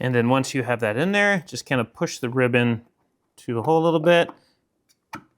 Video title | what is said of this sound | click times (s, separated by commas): ELEGOO Centauri Carbon 3D Printer - Unboxing & Demonstration - Poc Network | And then push, you know, once you put them in the holes and just push down, locks into place. | 5.1 s